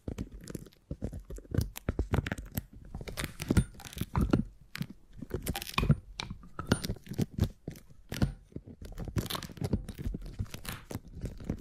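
Beeswax being handled and pressed, giving off dense, irregular crackles, crunches and tearing sounds. Sharp bright snaps come every fraction of a second over a soft low rustle, with no pauses and no steady rhythm across the clip.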